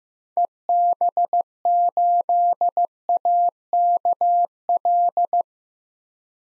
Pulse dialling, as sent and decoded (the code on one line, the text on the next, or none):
none